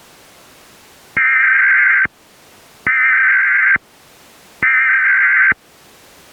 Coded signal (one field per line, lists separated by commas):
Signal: Emergency Alert System (SAME) tones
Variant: header bursts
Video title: Emergency Broadcast Loop Failure | An Emergency Warning EAS Mock